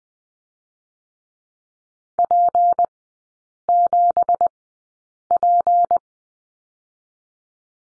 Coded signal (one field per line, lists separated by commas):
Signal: Morse code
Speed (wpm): 20 wpm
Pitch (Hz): 700 Hz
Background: none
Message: P7P